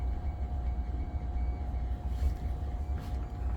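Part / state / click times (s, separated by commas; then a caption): throwing arm of the ball-throwing device / not seated / none. The throwing arm of a ball-throwing device is rolled back by hand toward its locked position. A steady low rumble and a constant tone near 700 Hz continue throughout, with faint soft scraping around 2.3 and 3.1 seconds. The arm has not locked or clicked yet.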